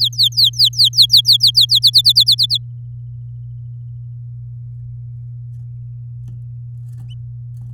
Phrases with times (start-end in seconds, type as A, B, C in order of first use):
0.00-1.79 A, 1.82-2.58 B